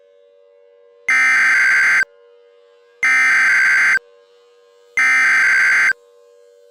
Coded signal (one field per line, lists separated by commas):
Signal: Emergency Alert System (SAME) tones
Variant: header bursts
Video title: EF7 EAS Scenario (yes this is intentionally unrealistic)